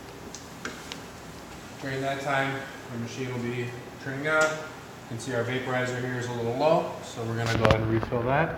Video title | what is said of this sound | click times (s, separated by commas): Anesthesia Machine Check/Room Setup | once it seats give it a little click into place | 0.6 s